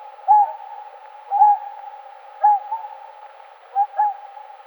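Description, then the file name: Whooper swan giving several muffled, narrow-toned trumpeting honks over a steady hum. "Pticy Rossii - Lebed-klikun Cygnus cygnus"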